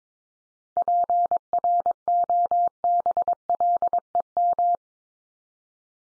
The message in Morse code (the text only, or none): PROBLEM